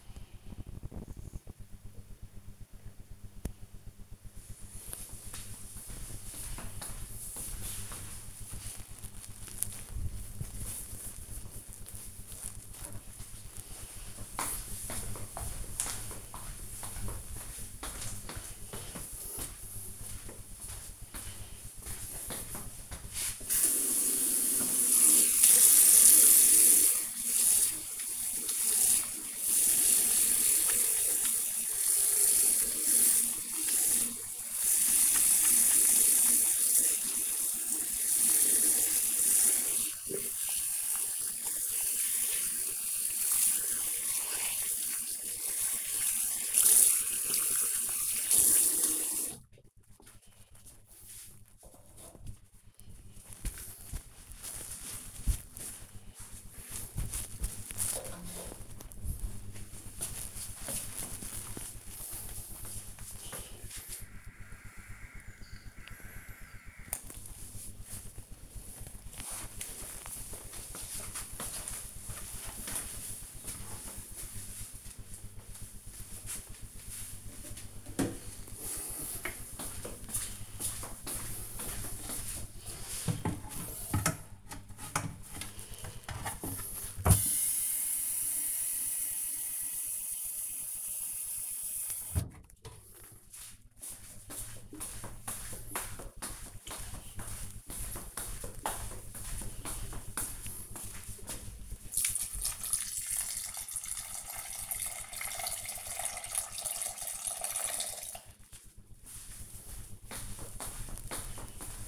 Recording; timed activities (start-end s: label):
household activities, microphone on the right wrist
23.00-50.18 s: washing hands
83.45-111.88 s: watering plant